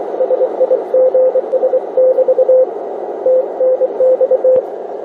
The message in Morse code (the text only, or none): SIGS <BT> TNX